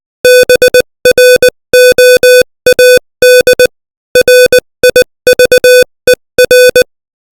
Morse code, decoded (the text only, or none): BROAD RIVER